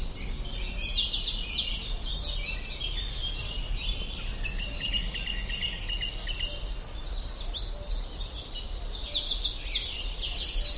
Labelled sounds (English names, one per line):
Eurasian Wren song